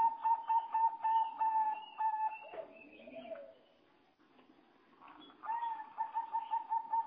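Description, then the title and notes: Bird singing a quick string of pulsed, level notes, dropping into lower scratchy sounds and near quiet before the fast pulsing resumes. "Bird Sound. Kicau Burung Lengkap"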